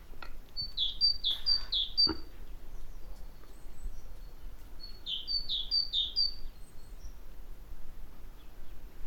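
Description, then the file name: Great tit giving two short strophes of three high-then-lower notes each, with a sharp knock partway through and a quiet pause before the second strophe. "Parus major"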